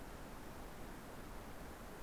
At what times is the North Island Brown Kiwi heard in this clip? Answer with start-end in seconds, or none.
none